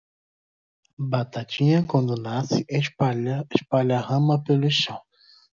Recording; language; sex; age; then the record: short text; Brazilian Portuguese; male; 20 to 29 years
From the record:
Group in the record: control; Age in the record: 25 years